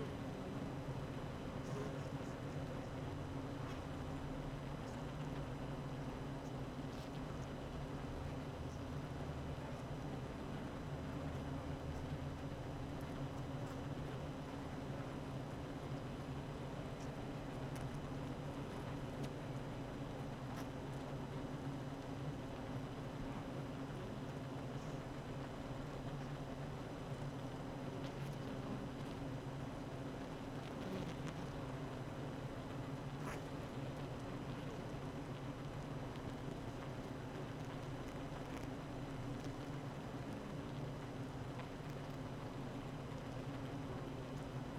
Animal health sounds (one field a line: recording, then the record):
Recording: honeybee colony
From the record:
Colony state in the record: active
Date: 12 June 2018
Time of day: 8:11